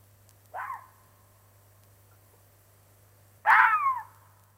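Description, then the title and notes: Red fox vocalizing: a short, quieter rasping cry, then a louder, longer harsh screech about three seconds later, with a low steady hum beneath. Fox vocalization used for social interaction. "Kettu. Paavo Hellstedt. Yle"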